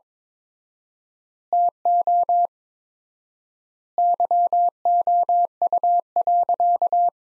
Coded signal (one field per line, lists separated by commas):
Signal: Morse code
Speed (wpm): 22 wpm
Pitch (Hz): 700 Hz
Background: none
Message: TO YOU.